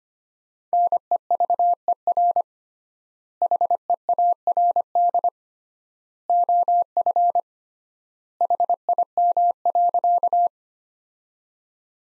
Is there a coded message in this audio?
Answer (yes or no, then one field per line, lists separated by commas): yes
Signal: Morse code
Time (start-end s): 0.7-10.5 s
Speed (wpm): 25 wpm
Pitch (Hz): 700 Hz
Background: none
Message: NEVER HEARD OF HIM.